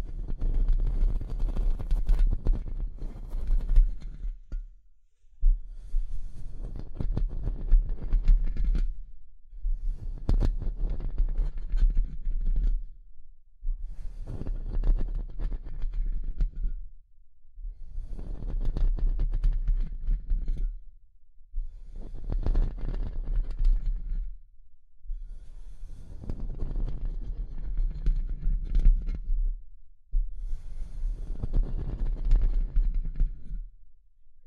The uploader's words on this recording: ASMR Relaxing Tapping & Scratching Rode Mic Test (No Talking).